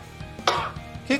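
A single sharp, noisy burst lasting about a quarter second, followed by a brief, weaker catch about half a second later: an adult's cough, heard against a quiet indoor background.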